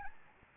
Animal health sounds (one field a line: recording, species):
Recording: mosquito wingbeat signal from an infrared sensor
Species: Aedes albopictus